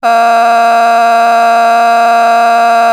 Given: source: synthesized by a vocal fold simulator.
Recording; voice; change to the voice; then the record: sustained vowel; female; a random mix of aspiration noise, stiffness perturbation and strain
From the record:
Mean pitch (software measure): 232 Hz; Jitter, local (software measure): 1.28%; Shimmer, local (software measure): 4.4%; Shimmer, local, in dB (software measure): 0.38 dB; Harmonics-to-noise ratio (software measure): 16.6 dB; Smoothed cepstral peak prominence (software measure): 16.5 dB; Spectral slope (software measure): -17.6 dB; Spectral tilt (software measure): -8.2 dB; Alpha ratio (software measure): -8.1 dB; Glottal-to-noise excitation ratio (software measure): 0.963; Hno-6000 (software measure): 1.7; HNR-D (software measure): 35.5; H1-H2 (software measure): -4.3 dB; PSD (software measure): 6.1e-05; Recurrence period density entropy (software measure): 0.116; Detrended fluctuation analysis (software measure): 0.0091